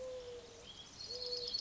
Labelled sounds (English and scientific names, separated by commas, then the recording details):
Mourning Dove (Zenaida macroura)
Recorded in Sonoma County, California